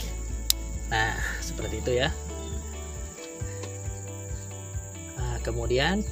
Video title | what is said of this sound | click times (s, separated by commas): CARA MELEPAS, PASANG, DAN BERSIHKAN SENSOR OKSIGEN PADA MOBIL | sampai nanti bunyinya klik nah seperti itu | 0.5 s